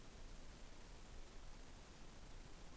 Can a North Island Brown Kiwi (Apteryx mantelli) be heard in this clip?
no